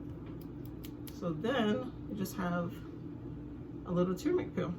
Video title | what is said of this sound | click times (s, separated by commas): LIFE BEYOND TECH WEEKLY VLOG - My EMPTY Fish Tank - DIY Supplements - Tea Chat - Brakes Need Repair | and just you know there's a snap that you can hear like when you push the top on all the way | 0.8 s